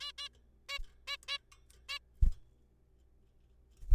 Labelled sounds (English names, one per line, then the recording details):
Zebra Finch
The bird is a juvenile
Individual R3428